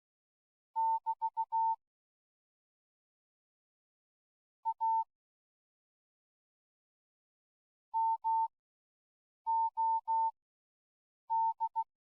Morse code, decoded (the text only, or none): <BT> A MOD